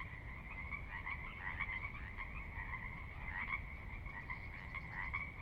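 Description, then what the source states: Pacific Chorus Frogs croaking in a thick, even chorus, individual calls swelling briefly within the constant din, with a soft low rumble of water. Recorded at midnight on the valley floor of Sinlahekin Valley, Sinlahekin Wildlife Area, Washington, near the Cascades; distant water spillage in background; unprocessed raw recording.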